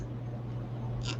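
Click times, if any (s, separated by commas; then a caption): none. A plastic zip tie threaded through the holes of a wooden wreath board is handled as it is pulled closed. A steady low hum runs throughout, with a brief brighter scratchy rustle near 1.0 to 1.1 seconds. Nothing has seated or clicked yet.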